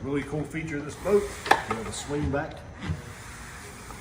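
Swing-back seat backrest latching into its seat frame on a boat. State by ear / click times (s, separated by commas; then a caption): not seated / none. Someone talks while handling the swing-back seat backrest on a 2023 Sea Ray 320 Sundancer boat, swinging it over toward its seat frame with soft rubbing and knocking sounds. The clip ends before the backrest latches into its seat frame, so nothing has seated or clicked yet.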